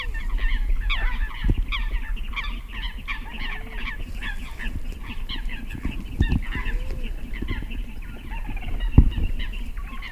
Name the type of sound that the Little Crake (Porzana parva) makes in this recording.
call